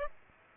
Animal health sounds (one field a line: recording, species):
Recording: mosquito wingbeat signal from an infrared sensor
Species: Aedes aegypti